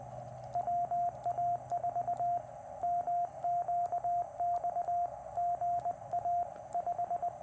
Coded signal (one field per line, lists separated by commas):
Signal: Morse code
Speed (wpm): 20 wpm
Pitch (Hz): 700 Hz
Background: radio noise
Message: WA4MQX GA 5